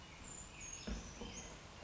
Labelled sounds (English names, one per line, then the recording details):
Brown Creeper
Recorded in Sonoma County, California